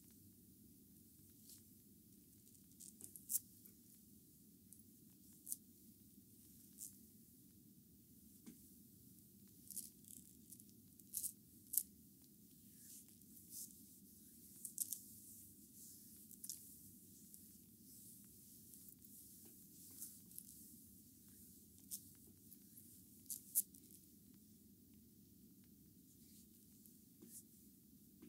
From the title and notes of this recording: ASMR massage with Bamboo brooms by Adel. Rare type of massage using bamboo brooms.